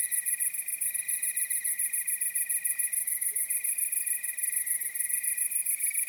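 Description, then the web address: Crickets chirping in a steady high-pitched pulsing chorus with a continuous shrill drone. Nocturnal wasteland soundscape at night. "Nature Chill Out 2014. Toads, Nighthawks and Crickets"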